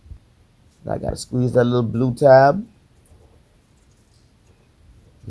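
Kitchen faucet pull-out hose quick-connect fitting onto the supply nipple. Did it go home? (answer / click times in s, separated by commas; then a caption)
no / none. The small blue release tab on a kitchen faucet's pull-out hose quick-connect fitting is squeezed, and the hose is lined up with the supply nipple before it is pushed in until it locks. Someone talks for about two seconds, followed by quiet, faint handling sounds. Nothing has seated or clicked yet.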